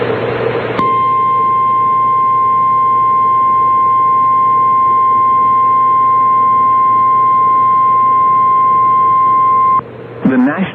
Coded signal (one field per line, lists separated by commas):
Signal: Emergency Alert System (SAME) tones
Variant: 1050 Hz attention tone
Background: speech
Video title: AM/FM EAS #13 (EAS #57): Flash Flood Warning #3, 8/2/18